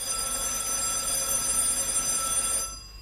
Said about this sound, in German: Aber still, das Telefon.